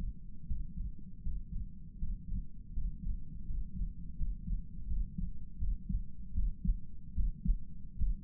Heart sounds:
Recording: heart sounds by stethoscope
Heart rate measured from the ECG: 80 bpm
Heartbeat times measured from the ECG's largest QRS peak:
0.45 s: heartbeat
1.21 s: heartbeat
1.97 s: heartbeat
2.72 s: heartbeat
3.44 s: heartbeat
4.15 s: heartbeat
4.86 s: heartbeat
5.57 s: heartbeat
6.32 s: heartbeat
7.13 s: heartbeat
7.96 s: heartbeat
From the record:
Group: healthy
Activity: Valsalva maneuver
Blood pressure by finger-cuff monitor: 94/63 mmHg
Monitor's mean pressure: 66 mmHg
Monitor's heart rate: 80 bpm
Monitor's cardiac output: 7.1 L/min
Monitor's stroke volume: 88 mL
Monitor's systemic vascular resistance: 650 dyn s/cm5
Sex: male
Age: 35 years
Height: 180 cm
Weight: 86.9 kg

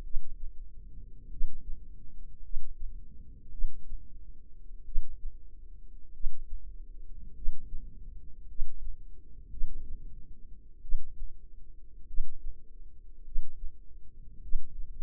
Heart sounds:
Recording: heart sounds by microphone in the left ear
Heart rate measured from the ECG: 50 bpm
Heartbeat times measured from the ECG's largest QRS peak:
0.02 s: heartbeat
1.29 s: heartbeat
2.42 s: heartbeat
3.50 s: heartbeat
4.84 s: heartbeat
6.12 s: heartbeat
7.34 s: heartbeat
8.46 s: heartbeat
9.49 s: heartbeat
10.81 s: heartbeat
12.06 s: heartbeat
13.23 s: heartbeat
14.40 s: heartbeat
From the record:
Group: healthy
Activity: rest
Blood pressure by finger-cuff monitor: 91/56 mmHg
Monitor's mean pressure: 67 mmHg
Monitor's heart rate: 48 bpm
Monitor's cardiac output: 4.1 L/min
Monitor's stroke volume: 83 mL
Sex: female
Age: 36 years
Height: 163 cm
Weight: 88 kg

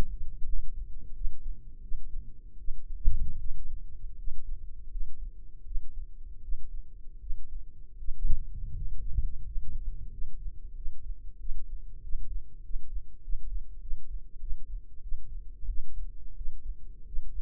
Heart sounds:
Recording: heart sounds by microphone in the left ear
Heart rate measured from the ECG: 87 bpm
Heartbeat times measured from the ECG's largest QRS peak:
0.44 s: heartbeat
1.12 s: heartbeat
1.79 s: heartbeat
2.56 s: heartbeat
3.36 s: heartbeat
4.14 s: heartbeat
4.88 s: heartbeat
5.63 s: heartbeat
6.40 s: heartbeat
7.18 s: heartbeat
7.96 s: heartbeat
8.73 s: heartbeat
9.42 s: heartbeat
10.09 s: heartbeat
10.73 s: heartbeat
11.37 s: heartbeat
12.00 s: heartbeat
12.61 s: heartbeat
13.20 s: heartbeat
13.79 s: heartbeat
14.38 s: heartbeat
15.00 s: heartbeat
15.66 s: heartbeat
16.34 s: heartbeat
17.04 s: heartbeat
From the record:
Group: healthy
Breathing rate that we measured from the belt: 14 breaths a minute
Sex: male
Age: 21 years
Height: 180 cm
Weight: 67.5 kg

